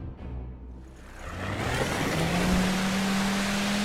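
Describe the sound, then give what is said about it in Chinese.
An assault boat's motor drones steadily on a lake, its low hum climbing in pitch and loudness as a broad rush of churning water builds around it. No one speaks. “引擎的马达声渐渐隐去，冲锋舟停在漾着些许微光的湖心之上，随着湖水的动向原地轻晃，周围安静得近乎异常。”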